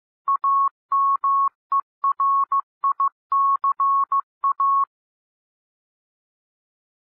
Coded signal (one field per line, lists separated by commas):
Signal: Morse code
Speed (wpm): 15 wpm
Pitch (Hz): 1100 Hz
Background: none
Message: AMERICA